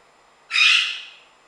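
Parrot squawk: one loud, harsh, noisy screech that fades out over about a second.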